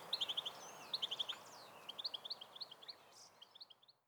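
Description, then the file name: European goldfinch calls: a quick series of crisp high chirps in tight clusters, softening and fading out at the end. "Carduelis carduelis"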